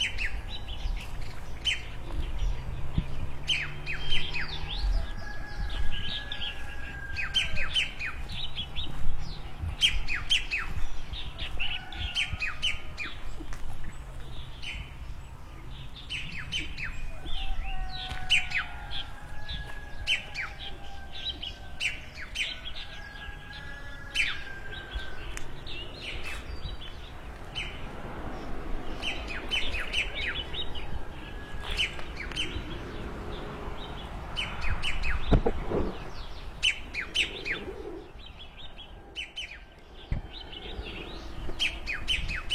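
Small birds chirp and twitter densely and continuously in front of a village house at morning, with occasional louder calls and soft background hush.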